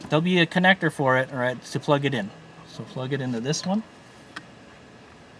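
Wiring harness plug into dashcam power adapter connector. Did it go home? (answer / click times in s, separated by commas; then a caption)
yes / 4.4 s. A 12-pin plug on a FitDVR dashcam power adapter for a RAV4 Prime is pushed into the car's overhead wiring harness connector. Someone talks first, then a single sharp click is heard at 4.4 s as the connector snaps into place and seats.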